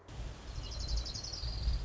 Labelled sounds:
Orange-crowned Warbler
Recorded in Sonoma County, California

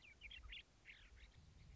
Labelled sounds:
Western Meadowlark
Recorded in Sonoma County, California

